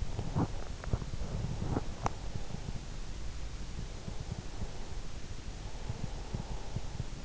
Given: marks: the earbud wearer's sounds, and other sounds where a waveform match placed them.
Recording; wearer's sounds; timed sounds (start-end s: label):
sounds in sleep by an in-ear microphone; breath
0.21-2.71 s: breath
3.69-7.25 s: breath